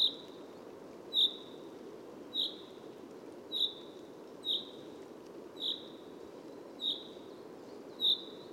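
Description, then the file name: Common chaffinch giving short, sharp single call notes, repeated steadily about once a second, eight notes in all, over a soft low background hiss. "Fringilla coelebs"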